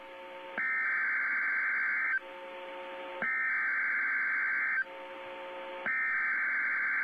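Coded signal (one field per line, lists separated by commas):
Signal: Emergency Alert System (SAME) tones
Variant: header bursts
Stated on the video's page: Real severe thunderstorm warning EAS alert from NOAA Weather Radio station WXL86 Spokane WA.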